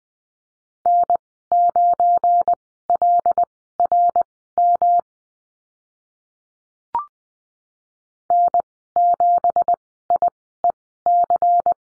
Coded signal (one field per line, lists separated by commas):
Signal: Morse code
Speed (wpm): 20 wpm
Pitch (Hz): 700 Hz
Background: none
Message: N9LRM N7IEC